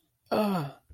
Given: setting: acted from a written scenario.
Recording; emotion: vocal sound without words; fear